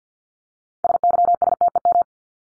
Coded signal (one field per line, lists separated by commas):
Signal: Morse code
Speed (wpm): 48 wpm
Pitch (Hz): 700 Hz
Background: none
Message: SYSTEM